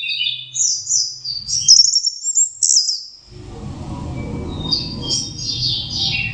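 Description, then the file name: Orange-headed thrush song, bursts of bright, high warbled phrases at the start and end, with a low rumbling noise filling the second half. Indonesian name anis merah; masteran, a training recording for teaching songs to birds. "suara masteran anis merah"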